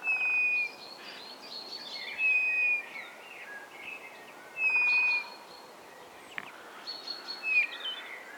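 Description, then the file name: Eurasian bullfinch calls: soft, clear piping whistles, slightly falling, given every two seconds or so, with fainter sounds between. "Pyrrhula pyrrhula"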